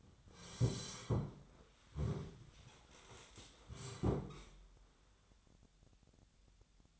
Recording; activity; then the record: daily activity, microphone in the room; sit down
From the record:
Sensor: 3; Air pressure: 1015.2 hPa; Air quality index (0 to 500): 174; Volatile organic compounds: 15 ppm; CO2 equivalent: 2498 ppm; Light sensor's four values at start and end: 13/34/14/14 and 14/36/14/15